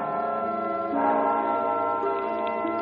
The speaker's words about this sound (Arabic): أجراس الكنائس الليلة في سمعي صراخ نواح.